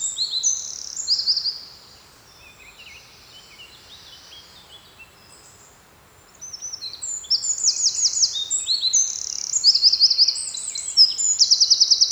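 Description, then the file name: Eurasian wren song: very high, rapid twittering notes and buzzy trills in a loud outburst, a quiet gap of several seconds, then the fast trilled phrases return and build. "Troglodytes troglodytes"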